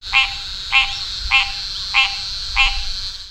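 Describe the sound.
Green treefrog calling, five nasal, honking notes repeated roughly every 0.6 seconds over a steady high-pitched hum.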